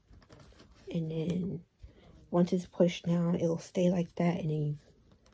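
A detachable paddle head is being handled on a Hot Tools paddle hair dryer's handle, which has a plastic twist-lock, while someone talks. Faint brief handling sounds come near the start and end of the clip. Nothing has seated or clicked yet.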